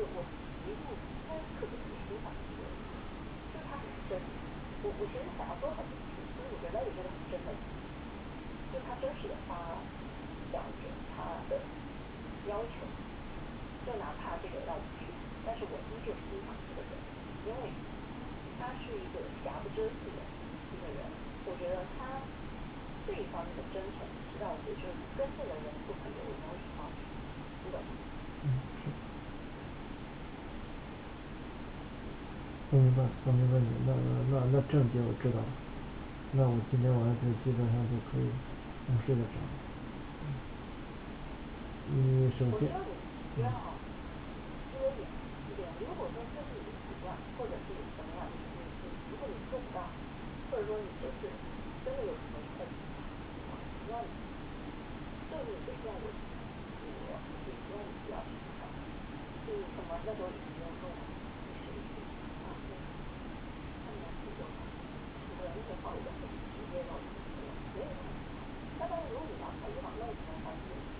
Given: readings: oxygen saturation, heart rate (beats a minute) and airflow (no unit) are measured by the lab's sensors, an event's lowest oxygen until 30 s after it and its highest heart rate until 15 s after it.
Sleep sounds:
a person awake in a sleep study, by a voice recorder at the bedside; none
0.00-71.00 s: awake
From the record:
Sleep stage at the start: awake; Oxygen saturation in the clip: 94 to 97%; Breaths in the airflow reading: 27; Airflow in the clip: -7.6 to 7.4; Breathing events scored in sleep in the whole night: 216 in 7.0 hours asleep

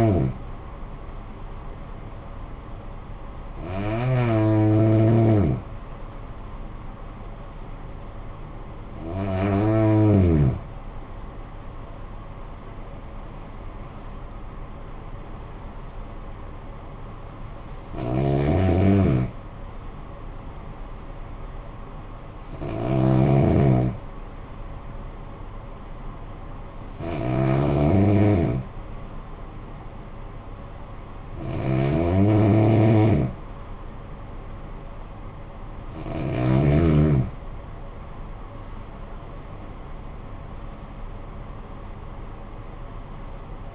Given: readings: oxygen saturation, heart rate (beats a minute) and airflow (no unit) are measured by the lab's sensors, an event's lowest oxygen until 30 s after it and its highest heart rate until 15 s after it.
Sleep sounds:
breathing in sleep by a smartphone at the bedside; 1
22.00-37.30 s: hypopnea (N1, oxygen 96% highest, then 94% lowest, heart rate 52 at the start, 73 highest)
35.00-43.75 s: new sleep stage, N2 (light sleep)
From the record:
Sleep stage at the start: N1 (lightest sleep); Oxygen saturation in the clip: 93 to 96%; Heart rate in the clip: 51 to 73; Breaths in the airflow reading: 10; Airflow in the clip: -11.3 to 11.5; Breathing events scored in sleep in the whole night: 445 in 7.6 hours asleep

